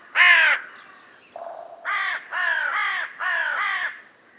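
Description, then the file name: Carrion crow giving one loud rasping caw, a brief low grating note, then a run of five hoarse caws, the last four delivered in two close pairs. "Corvus corone"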